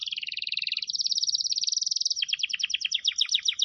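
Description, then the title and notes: Canary song: a fast rolling trill held for two seconds, then quicker falling notes repeated rapidly. Lure recording (pikat) meant to attract birds. "Pikat Burung Baru. kenari"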